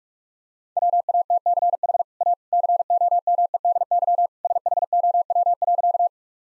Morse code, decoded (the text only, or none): WATCH A COMEDY SHOW.